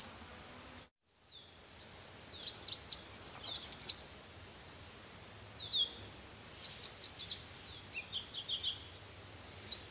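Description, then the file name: Red warbler song: quick series of high, thin, slurred chips in bursts, with short soft notes between phrases. "Canto do mariquita vermelha"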